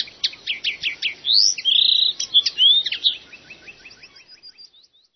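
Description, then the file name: Common linnet song: a lively twittering run of quick chirps, rising and falling slurred whistles and short trills, fading into softer repeated notes, over faint background hiss. "linotte"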